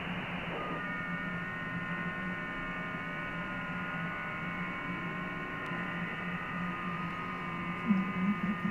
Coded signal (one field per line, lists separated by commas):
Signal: FT8